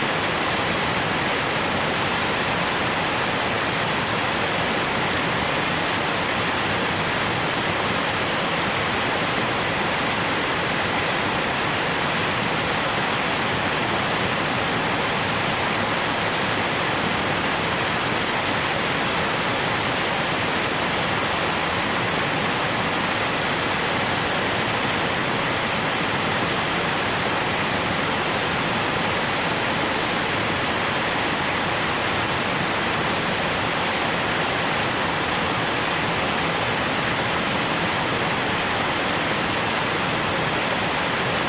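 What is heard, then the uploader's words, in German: A waterfall below a debris rake on a mountain stream roars steadily for the whole stretch, a dense, unbroken rush spread evenly from low rumble to bright hiss. The sound stays constant, with no separate splashes or other sounds standing out. Klanglandschaft/Soundscape: Wasserfall am Kaltenbach. Wasserfall unterhalb der Wildholzrechen am Kaltenbach in Unterwössen (Chiemgau).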